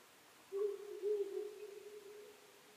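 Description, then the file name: Owl giving a single low hoot, a doubled opening note drawn out into a steady, slowly fading tone. Recorded 23 May 2010 at 00:59. "fukurou-20100523-0059"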